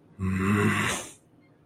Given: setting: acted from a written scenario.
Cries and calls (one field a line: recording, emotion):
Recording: vocal sound without words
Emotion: anger